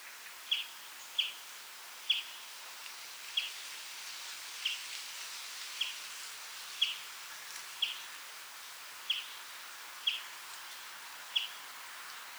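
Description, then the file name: European greenfinch calling with brief bright chirps repeated about once a second, roughly a dozen notes, against faint background hiss. "Chloris chloris 190325"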